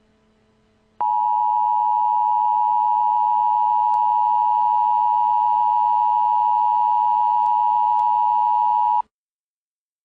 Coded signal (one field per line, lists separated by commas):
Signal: Emergency Alert System (SAME) tones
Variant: 853 and 960 Hz attention tone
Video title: EAS Short: Anti Matter Apocolypse